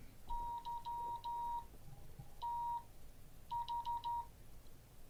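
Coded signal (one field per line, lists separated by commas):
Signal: Morse code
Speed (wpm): 12 wpm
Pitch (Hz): 950 Hz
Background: none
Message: YTH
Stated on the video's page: Morse code class.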